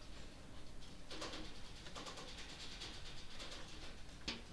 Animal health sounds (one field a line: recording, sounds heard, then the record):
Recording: poultry house recording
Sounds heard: no chicken sound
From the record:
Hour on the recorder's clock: 23